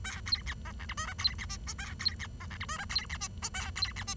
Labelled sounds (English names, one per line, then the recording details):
Bengalese Finch song
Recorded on 23 June 2012 at 10:25
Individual gr41rd51